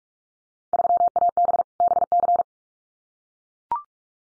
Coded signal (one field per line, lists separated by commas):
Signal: Morse code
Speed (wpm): 44 wpm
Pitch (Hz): 700 Hz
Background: none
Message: 3AB BC